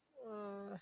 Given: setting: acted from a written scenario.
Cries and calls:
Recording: vocal sound without words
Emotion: guilt

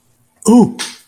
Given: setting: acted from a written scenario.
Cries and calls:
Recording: vocal sound without words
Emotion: embarrassment

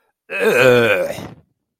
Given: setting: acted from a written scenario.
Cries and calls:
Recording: vocal sound without words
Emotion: disgust

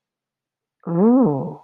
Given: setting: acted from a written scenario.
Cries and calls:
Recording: vocal sound without words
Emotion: realization

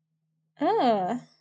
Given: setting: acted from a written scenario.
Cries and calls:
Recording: vocal sound without words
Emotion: disgust

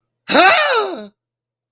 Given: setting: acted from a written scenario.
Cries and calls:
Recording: vocal sound without words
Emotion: fear

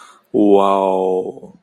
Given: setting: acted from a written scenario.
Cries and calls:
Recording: vocal sound without words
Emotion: desire

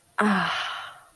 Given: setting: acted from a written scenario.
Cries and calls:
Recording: vocal sound without words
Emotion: ecstasy

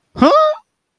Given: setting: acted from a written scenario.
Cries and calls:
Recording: vocal sound without words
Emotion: positive surprise

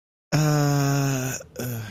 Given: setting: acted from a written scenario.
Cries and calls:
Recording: vocal sound without words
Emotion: guilt

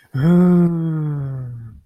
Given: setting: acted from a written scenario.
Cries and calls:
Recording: vocal sound without words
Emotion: disappointment

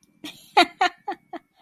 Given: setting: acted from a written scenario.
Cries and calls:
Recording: vocal sound without words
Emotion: amusement

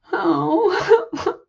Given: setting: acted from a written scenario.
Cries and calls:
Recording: vocal sound without words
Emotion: sadness

